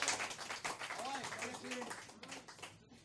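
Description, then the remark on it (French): A crowd claps steadily for a few seconds after an auction lot is sold, in a dense, crackling burst of applause, with voices calling out over it before the clapping thins at the end. “On l'applaudit, mais oui.”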